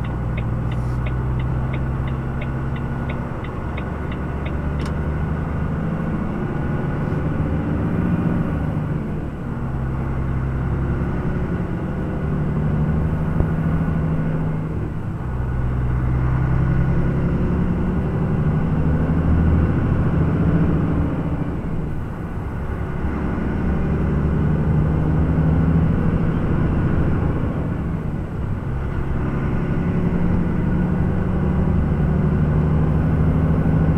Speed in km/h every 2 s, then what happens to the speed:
14, 13, 16, 17, 16, 19, 20, 21, 24, 28, 29, 31, 34, 36, 38, 40, 43.
0-13 steady at about 16. 13-34 speeds up to 43.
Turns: none.